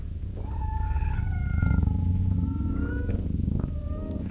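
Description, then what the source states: Cat making several drawn-out meows over a deep, steady purr. Cat gently meowing and purring at long intervals.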